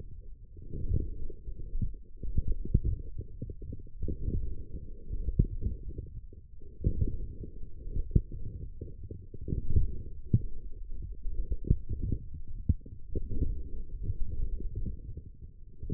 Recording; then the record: forearm muscle sounds (acoustic myography)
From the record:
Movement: forearm pronation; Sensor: system 1, eight BSWA MPA416 microphones around the upper forearm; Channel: 7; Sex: male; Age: 20 years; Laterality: left